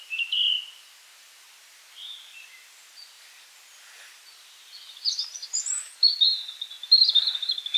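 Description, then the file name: European robin song: a short high whistled note, scattered soft notes, then a rich run of tinkling, very high trills and thin warbles toward the end. "rotkehlchen"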